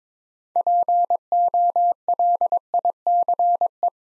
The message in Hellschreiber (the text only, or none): none